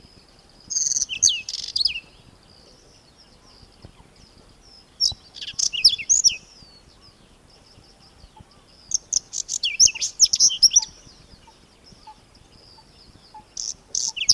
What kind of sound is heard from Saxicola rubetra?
song